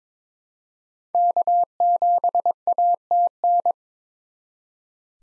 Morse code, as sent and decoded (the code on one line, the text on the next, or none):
-.- --... .- - -.
K7ATN